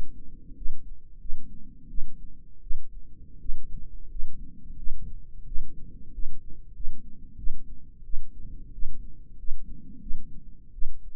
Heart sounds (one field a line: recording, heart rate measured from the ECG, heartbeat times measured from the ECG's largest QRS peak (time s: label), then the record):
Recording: heart sounds by microphone in the right ear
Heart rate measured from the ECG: 88 bpm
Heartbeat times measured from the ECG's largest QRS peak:
0.56 s: heartbeat
1.20 s: heartbeat
1.89 s: heartbeat
2.62 s: heartbeat
3.40 s: heartbeat
4.10 s: heartbeat
4.77 s: heartbeat
5.46 s: heartbeat
6.13 s: heartbeat
6.74 s: heartbeat
7.38 s: heartbeat
8.04 s: heartbeat
8.73 s: heartbeat
9.38 s: heartbeat
10.01 s: heartbeat
10.73 s: heartbeat
From the record:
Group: healthy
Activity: rest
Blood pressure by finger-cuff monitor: 121/78 mmHg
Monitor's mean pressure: 89 mmHg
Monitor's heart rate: 88 bpm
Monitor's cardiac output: 6.8 L/min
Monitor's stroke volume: 77 mL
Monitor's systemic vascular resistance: 950 dyn s/cm5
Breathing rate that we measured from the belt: 21 breaths a minute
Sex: female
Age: 22 years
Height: 163 cm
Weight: 67.1 kg